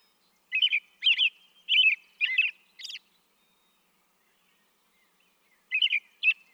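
American robin singing a series of short warbled whistles, about five syllables, a silent gap of nearly three seconds, then more notes.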